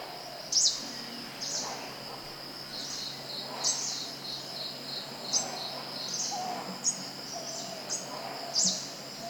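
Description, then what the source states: Greenish warbler calls: sharp, high, slurred chips repeated every one to three seconds over a steady high-pitched insect drone. Recorded at Thekkady on 12 October 2015.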